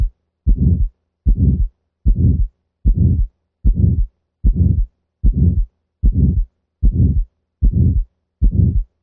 It is a harsh or rough-sounding medium to high-pitched murmur, frequently of relatively long duration. Crescendo-decrescendo systolic murmur of subaortic stenosis as created on a heart sound simulator.